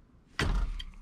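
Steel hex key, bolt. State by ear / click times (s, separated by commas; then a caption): stripped / 0.4 s. A hex key works the Allen bolt in a steering wheel quick-release hub on a G35/350Z during a clockspring replacement. A sharp slip sound comes at 0.4 s, followed by a fading scrape and faint small ticks. The bolt head strips again.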